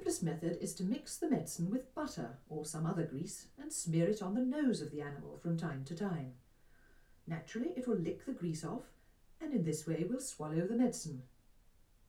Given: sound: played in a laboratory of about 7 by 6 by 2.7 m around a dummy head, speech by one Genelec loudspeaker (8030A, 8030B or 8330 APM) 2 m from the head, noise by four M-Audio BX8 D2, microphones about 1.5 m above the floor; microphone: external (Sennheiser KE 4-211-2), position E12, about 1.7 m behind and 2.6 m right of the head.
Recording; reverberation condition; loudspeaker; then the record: female speech in English; low; 90 degrees to the left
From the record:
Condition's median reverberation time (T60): about 310 ms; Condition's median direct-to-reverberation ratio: about 3.5 dB